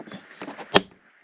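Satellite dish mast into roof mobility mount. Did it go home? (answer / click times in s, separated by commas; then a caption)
yes / 0.8 s. A satellite dish's mast slides into a new die-cast metal roof mobility mount for the vehicle. Soft sliding and scraping sounds build up, then a sharp click at 0.8 s shows the mast has seated and locked. Someone talks in the clip.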